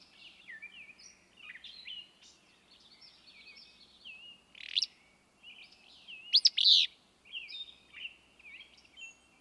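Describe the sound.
Willow flycatcher song: two loud, burry phrases in the second half, over steady softer high twittering and chirping.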